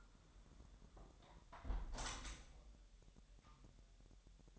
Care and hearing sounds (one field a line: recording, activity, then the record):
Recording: daily activity, microphone in the room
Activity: close window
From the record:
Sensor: 3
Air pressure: 1000.3 hPa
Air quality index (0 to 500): 246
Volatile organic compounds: 167 ppm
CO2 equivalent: 4093 ppm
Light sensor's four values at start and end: 10/24/10/10 and 10/23/10/9